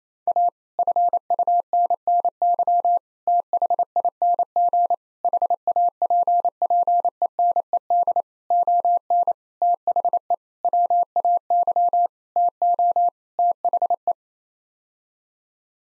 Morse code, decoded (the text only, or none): A FUNNY THING HAPPENED ON THE WAY TO THE